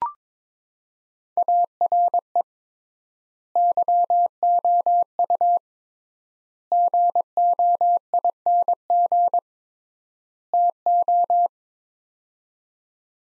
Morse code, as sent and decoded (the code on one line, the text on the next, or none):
.- .-. . / -.-- --- ..- / --. --- .. -. --. / - ---
ARE YOU GOING TO